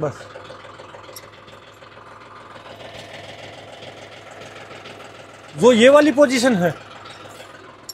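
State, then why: Seated. A locking pin is put into the rear linkage bracket of a tractor, and the metal part locks in position with a sharp metallic knock at 7.9 seconds, confirming the pin has seated. Before that, a steady low engine hum runs underneath while someone talks, with a louder burst of speech around 5.6 to 6.7 seconds.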